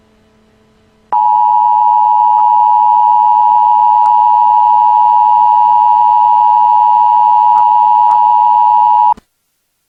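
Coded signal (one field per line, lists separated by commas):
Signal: Emergency Alert System (SAME) tones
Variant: 853 and 960 Hz attention tone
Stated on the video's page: Fictional mock EAS alert for a missile crisis during an imagined invasion of Lylat.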